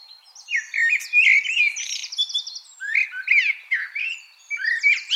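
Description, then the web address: Common blackbird delivering a continuous run of mellow fluting warbles mixed with high scratchy twittering notes. "SETE Turdus merula"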